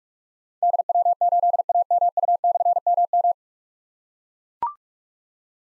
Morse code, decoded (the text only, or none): DW8AMU/MM